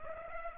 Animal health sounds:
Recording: mosquito wingbeat signal from an infrared sensor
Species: Culex pipiens

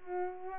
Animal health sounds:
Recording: mosquito wingbeat signal from an infrared sensor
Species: Culex pipiens

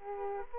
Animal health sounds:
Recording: mosquito wingbeat signal from an infrared sensor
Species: Aedes aegypti

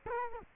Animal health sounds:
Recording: mosquito wingbeat signal from an infrared sensor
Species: Culex quinquefasciatus

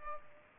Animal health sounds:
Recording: mosquito wingbeat signal from an infrared sensor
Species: Culex pipiens

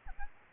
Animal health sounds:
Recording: mosquito wingbeat signal from an infrared sensor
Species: Aedes aegypti

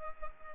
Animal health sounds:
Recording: mosquito wingbeat signal from an infrared sensor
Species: Culex pipiens

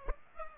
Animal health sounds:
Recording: mosquito wingbeat signal from an infrared sensor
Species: Aedes aegypti

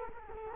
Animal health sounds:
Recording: mosquito wingbeat signal from an infrared sensor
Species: Culex quinquefasciatus

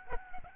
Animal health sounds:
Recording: mosquito wingbeat signal from an infrared sensor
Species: Aedes albopictus

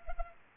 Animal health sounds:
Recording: mosquito wingbeat signal from an infrared sensor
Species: Culex pipiens

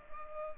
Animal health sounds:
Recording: mosquito wingbeat signal from an infrared sensor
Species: Culex pipiens

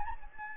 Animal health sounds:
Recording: mosquito wingbeat signal from an infrared sensor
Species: Anopheles gambiae

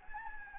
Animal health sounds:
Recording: mosquito wingbeat signal from an infrared sensor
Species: Anopheles gambiae

